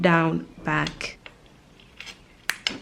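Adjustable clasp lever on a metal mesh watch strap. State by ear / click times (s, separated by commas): seated / 2.5 s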